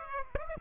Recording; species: mosquito wingbeat signal from an infrared sensor; Aedes aegypti